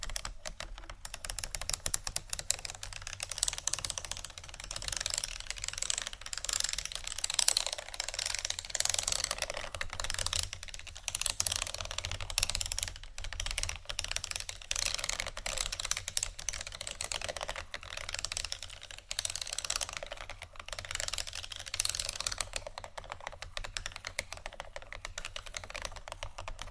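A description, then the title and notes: Beads and pearls clatter and click continuously, a dense, bright rattle of many small hard pieces knocking together. The pouring swells and eases in waves every few seconds without stopping. A faint steady low hum runs underneath throughout. ASMR Beads And Pearls（No Talking）.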